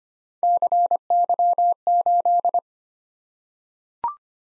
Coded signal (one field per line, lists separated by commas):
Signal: Morse code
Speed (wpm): 25 wpm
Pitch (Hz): 700 Hz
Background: none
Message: CY8